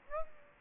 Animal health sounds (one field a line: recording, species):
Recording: mosquito wingbeat signal from an infrared sensor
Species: Aedes aegypti